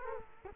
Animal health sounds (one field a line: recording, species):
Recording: mosquito wingbeat signal from an infrared sensor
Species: Culex quinquefasciatus